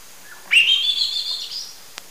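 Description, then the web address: Lawrence's thrush giving one loud whistled phrase that jumps up sharply and holds a high, slightly wavering note for about a second, followed after a short pause by a brief click. Eastern lowlands of South America. "Natures Songs S America Eastern Lowlands. Turdus lawrencii, calls or song"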